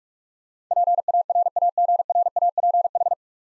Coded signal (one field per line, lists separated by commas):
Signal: Morse code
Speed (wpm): 45 wpm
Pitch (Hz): 700 Hz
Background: none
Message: PARAGRAPH